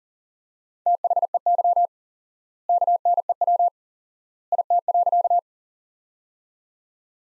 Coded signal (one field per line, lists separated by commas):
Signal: Morse code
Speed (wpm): 37 wpm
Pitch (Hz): 700 Hz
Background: none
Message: THEY KNEW IT.